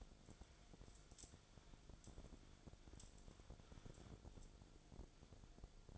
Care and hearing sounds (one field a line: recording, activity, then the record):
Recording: daily activity, microphone in the room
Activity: wipe stove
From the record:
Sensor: 5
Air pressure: 1000.6 hPa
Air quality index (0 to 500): 155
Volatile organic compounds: 2 ppm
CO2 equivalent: 1192 ppm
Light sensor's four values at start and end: 50/105/49/55 and 49/105/48/54